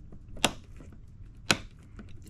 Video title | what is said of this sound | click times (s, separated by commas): Building the FUTURE of Gaming with Ryzen 5 9600x and AMD RX 7800XT! | till it clicks there | 0.4 s, 1.5 s